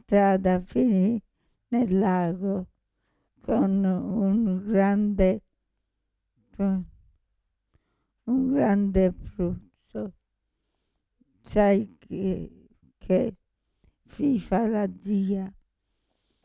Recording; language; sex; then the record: read passage; Italian; female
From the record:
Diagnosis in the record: Parkinson's disease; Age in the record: 65 years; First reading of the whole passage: 242 s, 2.1 characters per second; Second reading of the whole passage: 180 s, 2.9 characters per second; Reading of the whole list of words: 168 s, 1.7 characters per second